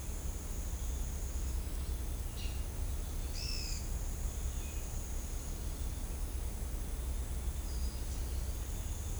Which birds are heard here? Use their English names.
Pale-eyed Pygmy Tyrant